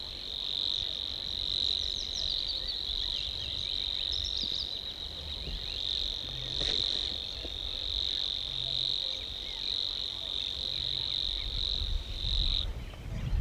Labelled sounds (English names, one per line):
Savi's Warbler song